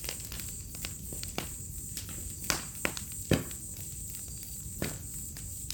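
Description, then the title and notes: Crickets chirping in a steady high-pitched chorus under loud, irregular crackling and popping from a fire. Cricket chorus on an autumn night beside a crackling bonfire, in a village in the middle of the Mata Atlântica rainforest. "Fogueira, grilos e estalar do fogo - Bonfire, crickets, firecrackling. Ouça ao estalar do fogo e uma sinfonia de grilos em uma noite de outono. Vila em meio a Mata Atlântica"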